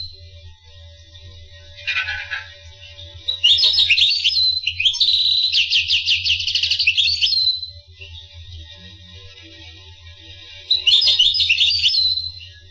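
Finch song, a brief chirp, then a long burst of high buzzy trills and twittering, a quiet gap, and a shorter twittered phrase near the end; low hum beneath.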